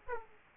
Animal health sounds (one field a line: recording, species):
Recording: mosquito wingbeat signal from an infrared sensor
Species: Aedes aegypti